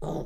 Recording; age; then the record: pig call; piglet (1 to 25 days)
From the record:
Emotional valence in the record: negative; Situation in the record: long isolation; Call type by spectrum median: low-frequency call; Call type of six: low-frequency modulated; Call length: 0.25 s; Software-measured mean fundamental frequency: 74 Hz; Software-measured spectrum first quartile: 137 Hz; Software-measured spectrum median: 339 Hz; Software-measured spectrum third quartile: 585 Hz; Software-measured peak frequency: 167 Hz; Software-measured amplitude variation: 90 dB a second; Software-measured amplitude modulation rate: 21.6 a second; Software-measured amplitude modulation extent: 4.2 dB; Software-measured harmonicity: 0.7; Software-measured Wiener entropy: -0.59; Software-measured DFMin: 2019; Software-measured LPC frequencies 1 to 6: 516, 3446, 3757, 5752, 6552, 7160 Hz